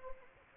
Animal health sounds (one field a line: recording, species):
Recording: mosquito wingbeat signal from an infrared sensor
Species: Anopheles gambiae